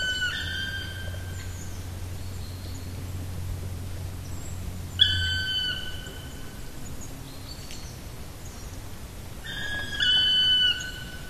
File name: patrick franke-schwarzspecht-black woodpecker-dryocopus martius